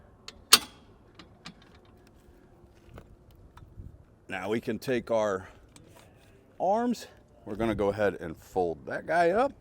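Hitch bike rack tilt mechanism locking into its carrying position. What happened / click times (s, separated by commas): The rack's tilt latch locked into carrying position / 0.5 s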